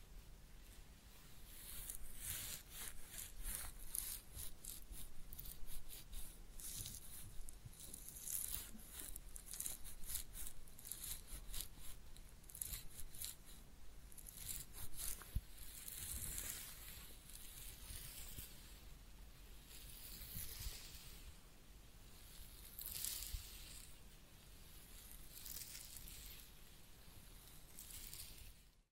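Head massage sounds: dense, continuous rubbing and scratching with bright, hissy crackle that swells and fades in irregular bursts. Sharper scrapes and taps punctuate the texture every second or so, with a faint low rumble underneath throughout.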